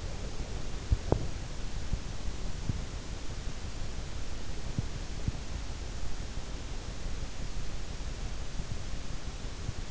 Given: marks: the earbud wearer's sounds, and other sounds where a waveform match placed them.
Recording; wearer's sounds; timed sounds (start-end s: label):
sounds in sleep by an in-ear microphone; breath
0.00-0.99 s: breath